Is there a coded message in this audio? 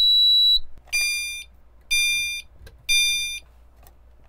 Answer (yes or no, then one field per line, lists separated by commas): no